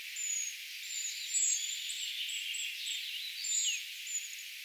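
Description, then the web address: Eurasian treecreeper calls: thin, very high whistled notes, each slightly falling, given in an irregular series over a soft hiss. Calls of a brood of young, recorded 4 June 2025; identification tentative. "paivat 4 6 2025 tietaakseni puukiipijapesueen aantelya"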